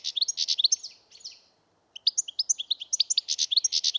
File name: Carduelis carduelis